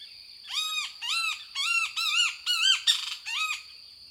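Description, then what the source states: Great Kiskadee singing a run of several loud, arched notes in quick succession, over a faint steady high hum. Dawn singing at break of dawn in a heavily forested park along the Rio Grande near Mission, lower Rio Grande Valley, South Texas; singer hidden in a thicket.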